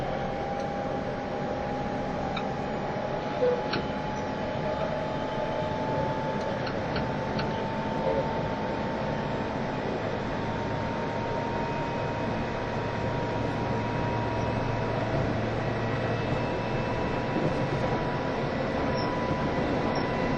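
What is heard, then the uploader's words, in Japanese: Running sound recorded aboard a JR East E351 Super Azusa tilting train. A steady, dense rumble of wheels and motor holds throughout, with a thin whine that slowly rises in pitch. A few faint clicks and ticks appear around the third to eighth second. E351系 Sあずさ18号02 甲府～八王子。全車引退したJR東日本唯一の振り子式車両であったE351系、速達運用だったSあずさを収録したものです。走行音。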